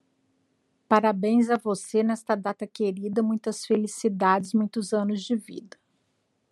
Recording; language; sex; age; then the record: short text; Brazilian Portuguese; female; 50 to 59 years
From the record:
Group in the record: control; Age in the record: 57 years